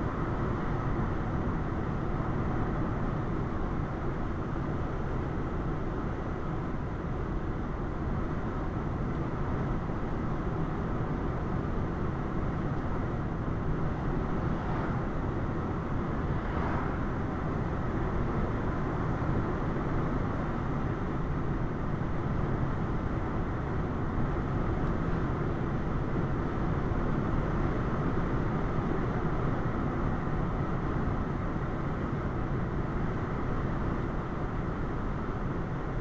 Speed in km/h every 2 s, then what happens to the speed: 95, 95, 95, 95, 95, 95, 95, 95, 95, 95, 97, 97, 97, 97, 97, 98, 98, 97.
0-36 steady at about 95.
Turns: none.